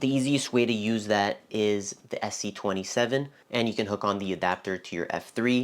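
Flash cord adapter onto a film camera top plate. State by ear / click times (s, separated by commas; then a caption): not seated / none. Someone talks while handling an SC-27 flash sync cord, about to hook its adapter onto the film rewind area of the top plate of a Nikon F3 35mm film camera. Only speech is heard, and nothing has seated or clicked yet.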